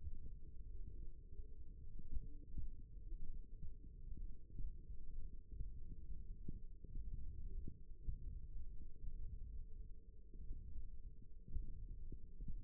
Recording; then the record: forearm muscle sounds (acoustic myography)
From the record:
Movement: finger pinch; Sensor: system 1, eight BSWA MPA416 microphones around the upper forearm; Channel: 2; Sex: male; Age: 23 years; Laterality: right